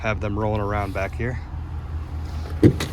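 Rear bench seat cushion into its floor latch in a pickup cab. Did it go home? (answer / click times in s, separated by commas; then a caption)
yes / 2.6 s, 2.8 s. Someone talks over a low steady hum as the rear 60/40 bench seat cushion in the cab of a 2025 Chevrolet Silverado 2500 HD Custom pickup is dropped back down. It lands in its floor latch with two quick sharp clicks at 2.6 and 2.8 seconds, and the cushion is locked in place.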